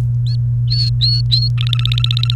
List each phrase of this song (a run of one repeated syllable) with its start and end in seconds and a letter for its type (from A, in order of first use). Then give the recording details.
0.26-0.35 A, 0.68-1.49 A, 1.58-2.34 B. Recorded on 30 April 2018 at 08:07. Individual llb3